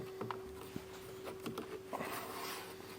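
A plastic interior trim panel on a 2025 Kia Telluride is pressed back into place against the vehicle body so its retaining clips engage. A sharp click at 0.3 s marks the panel seating, followed by a few softer taps and rustles over a faint steady hum. The panel ends up seated with its clips popped back in.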